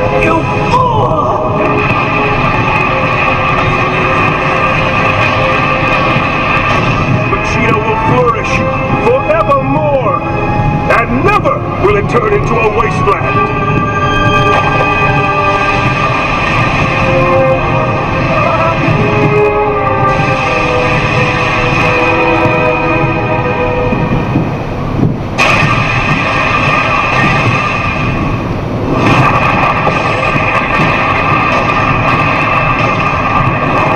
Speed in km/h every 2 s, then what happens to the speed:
112, 112, 112, 112, 112, 113, 113, 113, 113, 113, 113, 113, 112, 113, 113, 112, 112.
0-34 steady at about 113.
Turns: none.